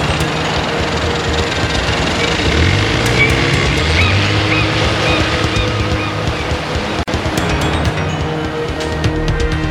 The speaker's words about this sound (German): Der seltsame Sam jagte mit dem Motorboot in die See hinaus.